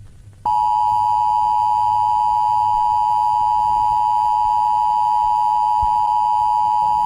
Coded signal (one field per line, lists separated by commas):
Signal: Emergency Alert System (SAME) tones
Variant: 853 and 960 Hz attention tone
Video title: Philippine EAS Scenario - Glitch Flood (PT 2)